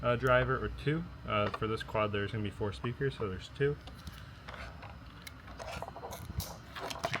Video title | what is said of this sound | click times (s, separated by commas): ATV Surround Sound Bluetooth Fender Mounted Speaker Bundle for 2018+ Yamaha Kodiak 450 - Knight ATV | Click right in. | 7.1 s